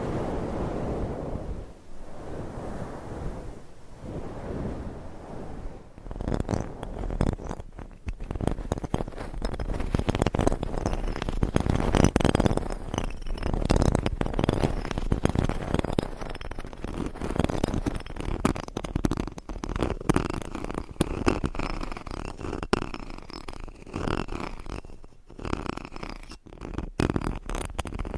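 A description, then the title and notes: Microphone scratching with fingernails, dense rapid scraping that grows busier and brighter after six seconds, with rough rhythmic strokes and brief pauses near the end. ASMR Mic Scratching - Brain Scratching with Different Nail Shapes No Talking.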